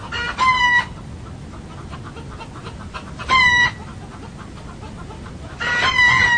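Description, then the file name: Rooster crowing, three harmonic crows a few seconds apart, against low continuous background noise. Several roosters crowing, recorded 2 October 2007. "galli cantano da gallina 2 ott 2007"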